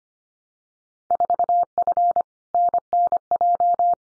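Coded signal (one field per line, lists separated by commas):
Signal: Morse code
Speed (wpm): 25 wpm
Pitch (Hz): 700 Hz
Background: none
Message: 4F NNJ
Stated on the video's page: Field Day exchange head-copy drill at 25 wpm; each exchange sent in Morse, spoken, then sent again.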